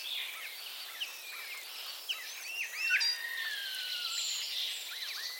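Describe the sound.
Common starling calls, soft looping whistles and a long falling whistle near three seconds amid quiet chatter.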